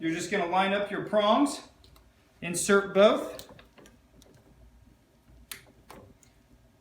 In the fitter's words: push and twist making sure that that plug is locked into place